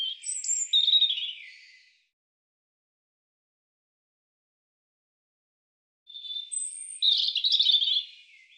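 European robin delivering two high, warbling song phrases separated by a long pause, each made of quick, tinkling, sliding notes; no other sounds.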